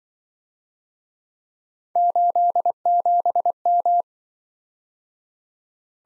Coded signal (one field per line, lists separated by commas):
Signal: Morse code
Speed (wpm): 23 wpm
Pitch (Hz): 700 Hz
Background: none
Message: 87M